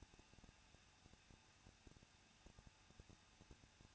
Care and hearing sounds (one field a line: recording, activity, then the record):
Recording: daily activity, microphone in the room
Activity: no activity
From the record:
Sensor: 2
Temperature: 21.0 degrees Celsius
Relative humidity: 37.3%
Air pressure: 1006.3 hPa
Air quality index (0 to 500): 221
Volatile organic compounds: 23 ppm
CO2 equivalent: 2793 ppm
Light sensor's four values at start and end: 2/3/2/2 and 2/3/2/2